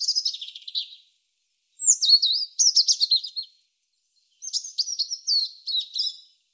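European robin song in three separate high phrases of quick sweet notes and thin whistles, each about a second or more, with clear silent gaps between.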